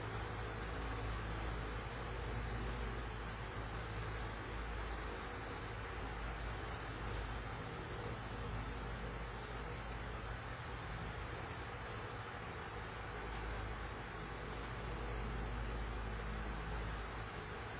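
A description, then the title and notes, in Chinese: An electric fan hums with a strong, steady low drone and a constant airy rush layered over it. The sound stays level and unchanging from start to finish, with no separate events, just a dense, continuous whir. 夏天的電風扇吹來的清涼風。有著電扇的低頻聲。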